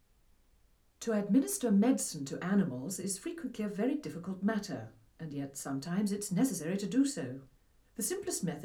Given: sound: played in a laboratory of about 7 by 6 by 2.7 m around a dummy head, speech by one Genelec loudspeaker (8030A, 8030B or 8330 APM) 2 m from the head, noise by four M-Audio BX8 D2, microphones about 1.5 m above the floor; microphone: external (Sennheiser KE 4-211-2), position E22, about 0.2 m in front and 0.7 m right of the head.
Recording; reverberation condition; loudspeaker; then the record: female speech in English; low; behind (180 degrees)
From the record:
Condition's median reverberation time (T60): about 310 ms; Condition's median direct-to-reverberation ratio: about 3.5 dB